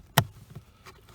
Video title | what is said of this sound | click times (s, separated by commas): 1999-2007 GM Truck Blower Motor Resistor Replacement Video | wasn't much of a click it was more of a thud but you can see the tab did catch | 0.2 s